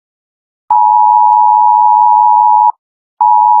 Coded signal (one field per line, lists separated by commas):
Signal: Emergency Alert System (SAME) tones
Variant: 853 and 960 Hz attention tone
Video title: EAS Scenario #1: Doom (READ PINNED)